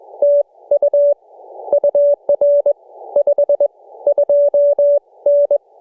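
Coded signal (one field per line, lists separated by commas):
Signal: Morse code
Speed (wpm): 22 wpm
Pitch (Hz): 560 Hz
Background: none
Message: TU UR 52N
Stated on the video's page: Morse from a Summits On The Air activation on Burnt Mountain.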